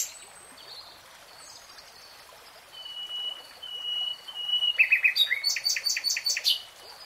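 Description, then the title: Nightingale song: soft drawn-out whistles first, then a quick burst of loud, rapidly repeated notes that ends abruptly. Nightingale singing in real time. "[Tiếng chim hót] 3 Hours REALTIME Nightingale Singing"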